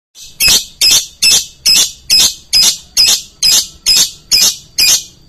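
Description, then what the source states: Lovebird shrill squawking calls, high and harsh, repeated steadily about twice a second in an even series of eleven notes. Lovebird in konslet song style.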